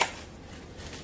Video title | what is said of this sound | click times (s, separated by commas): Review Inkbird Food Sealer Vacuum Sealer Machine 10-In-1 with Full Starter Kit Built-in Cutter and B | close this and it will Click on each side | 0.0 s